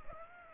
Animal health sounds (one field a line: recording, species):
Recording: mosquito wingbeat signal from an infrared sensor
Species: Aedes aegypti